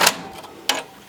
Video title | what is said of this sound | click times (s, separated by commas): Crio White Toner Printer: Setup and Maintenance | Press the lever down to lock into place. | 0.7 s